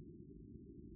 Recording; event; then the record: neck accelerometer signal played as sound; no cough (speech, laughter, throat clearing or background)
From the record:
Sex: male